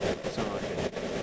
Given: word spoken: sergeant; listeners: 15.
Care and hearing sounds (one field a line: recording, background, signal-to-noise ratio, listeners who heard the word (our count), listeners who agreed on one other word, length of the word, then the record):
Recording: one English word in noise, from a listening test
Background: noise modulated by three-talker babble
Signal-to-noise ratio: -5.4 dB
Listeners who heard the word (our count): 0 of 15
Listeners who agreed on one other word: 14 of 15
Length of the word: 0.83 s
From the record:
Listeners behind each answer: 14, 1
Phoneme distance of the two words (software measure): 37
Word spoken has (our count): 2 syllables, 6 phonemes, stress on syllable 1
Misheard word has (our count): 2 syllables, 5 phonemes, stress on syllable 1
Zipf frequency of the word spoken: 4.25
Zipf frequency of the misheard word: 4.81